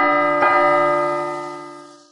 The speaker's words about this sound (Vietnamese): Lời Hàn Lập vừa nói xong thì hai tiếng chuông lớn từ hướng nghị sự điện truyền đến.